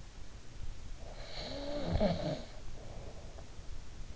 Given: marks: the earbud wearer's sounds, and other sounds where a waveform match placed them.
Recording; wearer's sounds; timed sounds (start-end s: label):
sounds in sleep by an in-ear microphone; snoring breath
0.58-4.03 s: snoring breath